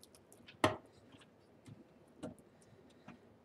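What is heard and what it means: A motherboard is pressed down evenly on both sides onto the raised clip standoffs of an MSI computer case. A sharp, loud click at 0.6 s is followed by a few much fainter ticks and rustles. The clips click into place and the motherboard is seated.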